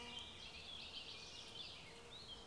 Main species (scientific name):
Cyanistes caeruleus